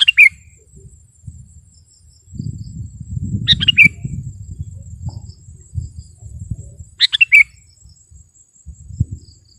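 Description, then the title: Sooty-headed bulbul, three quick tumbling note phrases about three and a half seconds apart, over heavy low rumbling noise. "kutilang"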